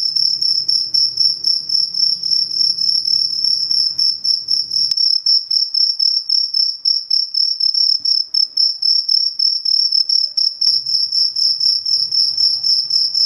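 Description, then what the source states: Cricket chirping in a steady, high-pitched pulsed trill, short chirps repeating rapidly and evenly throughout, with a faint low hum in the background at times. Cricket chirping played as a sound to repel mosquitoes, insects and rats.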